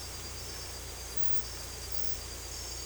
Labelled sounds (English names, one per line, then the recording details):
none
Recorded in secondary vegetation near Puerto Asís, Putumayo, Colombia, on 16 December 2024 at 01:00
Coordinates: 0.468, -76.324
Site G095